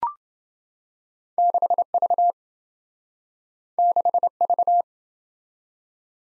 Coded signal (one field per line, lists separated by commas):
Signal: Morse code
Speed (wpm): 28 wpm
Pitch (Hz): 700 Hz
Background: none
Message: 6V 6V